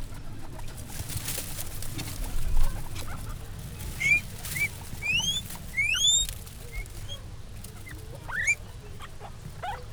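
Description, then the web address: Guinea pig calls: a few thin upward-sweeping squeaks, mostly in the middle, partly masked by low rumbling noise and scattered rustles. Recorded at a zoo in Jászberény in 2015. "jaszberenyizoo. tengerimalac"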